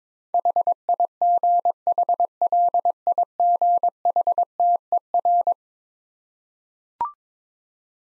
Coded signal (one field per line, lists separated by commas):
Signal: Morse code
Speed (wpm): 22 wpm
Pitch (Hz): 700 Hz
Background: none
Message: HIGHLIGHTER